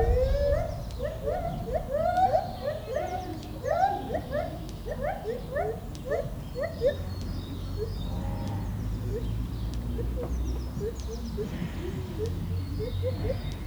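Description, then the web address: White-handed gibbon giving quick series of rising hoots, then softer, sparser calls against constant low background noise. Captive, at a zoo in Debrecen, Hungary, 2012; recorded with a Marantz recorder and shotgun microphone. "debrecenizoo 2012 premium feherkezugibbon"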